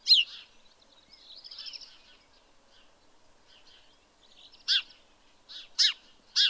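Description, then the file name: House sparrow chirps, a single loud chirp at the start, then quiet twittering, followed by a few sharp chirps near the end. "Passer domesticus"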